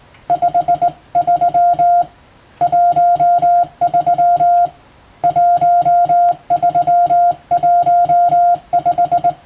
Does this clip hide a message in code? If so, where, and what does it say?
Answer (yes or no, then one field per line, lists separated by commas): yes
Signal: Morse code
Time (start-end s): 0.3-9.3 s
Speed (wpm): 20 wpm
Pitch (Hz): 700 Hz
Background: music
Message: 53 13 1315